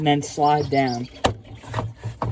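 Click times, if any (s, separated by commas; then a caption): 2.2 s. A plastic radiator shroud is slid down onto its radiator mounting tabs, with its tabs lined up top and bottom, while someone talks. A sliding scrape is followed by a sharp click at 2.2 seconds as the shroud snaps into place and seats.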